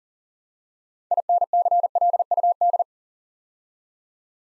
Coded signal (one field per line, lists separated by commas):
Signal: Morse code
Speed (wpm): 42 wpm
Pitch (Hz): 700 Hz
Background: none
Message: INCLUD